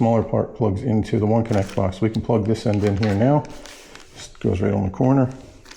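The smaller end of a One Connect cable for a 65-inch Samsung The Frame TV is brought to the corner of the One Connect connection box while someone talks, with quieter handling sounds between the speech. Two faint, sharp ticks come right at the end, but nothing has seated or clicked yet when the clip ends.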